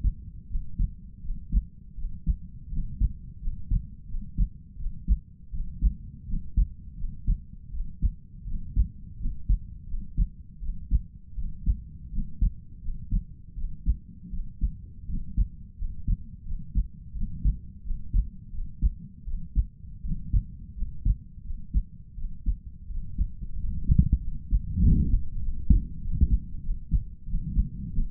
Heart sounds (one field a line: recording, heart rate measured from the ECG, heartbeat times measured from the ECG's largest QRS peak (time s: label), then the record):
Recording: heart sounds by stethoscope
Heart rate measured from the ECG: 85 bpm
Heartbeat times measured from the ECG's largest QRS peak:
0.47 s: heartbeat
1.21 s: heartbeat
1.95 s: heartbeat
2.69 s: heartbeat
3.39 s: heartbeat
4.06 s: heartbeat
4.77 s: heartbeat
5.51 s: heartbeat
6.26 s: heartbeat
6.96 s: heartbeat
7.71 s: heartbeat
8.45 s: heartbeat
9.18 s: heartbeat
9.86 s: heartbeat
10.60 s: heartbeat
11.35 s: heartbeat
12.10 s: heartbeat
12.80 s: heartbeat
13.55 s: heartbeat
14.30 s: heartbeat
15.06 s: heartbeat
15.76 s: heartbeat
16.44 s: heartbeat
17.13 s: heartbeat
17.82 s: heartbeat
18.51 s: heartbeat
19.24 s: heartbeat
20.02 s: heartbeat
20.74 s: heartbeat
21.42 s: heartbeat
22.15 s: heartbeat
22.87 s: heartbeat
23.56 s: heartbeat
24.20 s: heartbeat
24.81 s: heartbeat
25.40 s: heartbeat
26.00 s: heartbeat
26.61 s: heartbeat
27.25 s: heartbeat
27.91 s: heartbeat
From the record:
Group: healthy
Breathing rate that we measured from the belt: 20 breaths a minute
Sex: male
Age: 22 years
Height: 181 cm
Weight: 60 kg